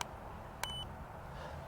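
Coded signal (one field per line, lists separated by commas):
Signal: beep code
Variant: drone remote controller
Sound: a click followed by one short high-pitched beep, about 0.2 seconds long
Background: low background noise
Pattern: 1 short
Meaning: One beep signals low speed mode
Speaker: Okay, we got one beep, full forward.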